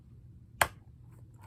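A blade cartridge is snapped down onto the rail of a Decorative Trimmer paper trimmer, pressed over its two click points. Both clicks land together as one sharp snap at 0.6 s, and the blade housing is seated in place.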